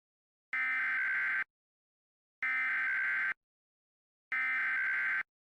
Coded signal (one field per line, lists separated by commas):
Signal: Emergency Alert System (SAME) tones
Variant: header bursts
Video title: EAS Mock - The Roach Invasion (Part 4) (THUNDERSTORM INTERRUPTS MID VIDEO!!!)